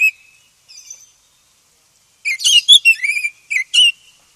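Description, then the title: Oriental magpie-robin song, one whistled note, a soft chirp, then a dense phrase of varied whistles and buzzy trills. Black form (kacer hitam). "KACER HITAM"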